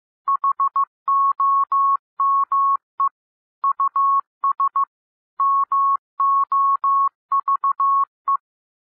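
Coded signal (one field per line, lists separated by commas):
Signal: Morse code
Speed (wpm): 15 wpm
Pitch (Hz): 1100 Hz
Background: none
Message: HOME US MOVE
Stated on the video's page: Morse reading practice at 12-15 and 15-15 WPM, listened to while following text on screen.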